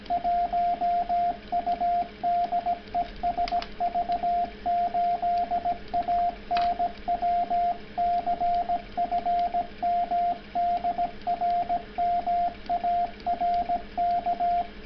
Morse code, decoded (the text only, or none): 1U DE SV8ANW CFM DR MARK